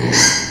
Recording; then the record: squeal of a Yucatan mini pig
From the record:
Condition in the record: before surgery on the right vocal fold (resection and tissue-engineered implant); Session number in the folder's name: 2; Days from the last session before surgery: 0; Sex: male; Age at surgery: 12 weeks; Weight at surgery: 13 kg